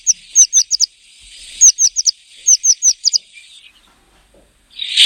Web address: Voegel Blaumeise